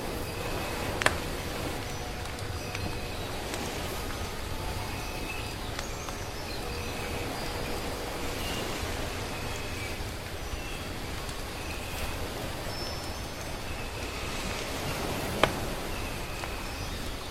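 Soft waves wash steadily under scattered bird chirps, while firewood crackles with two sharp pops near the first and fifteenth seconds.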